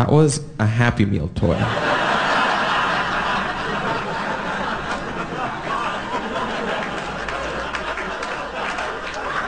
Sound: laughter